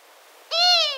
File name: Long-eared Owl